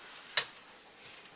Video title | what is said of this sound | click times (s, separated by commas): Assembly of the January 2015 Economy PC (Part 9) | again these are keyed and these also have little metal Clips if you heard that little click | 0.4 s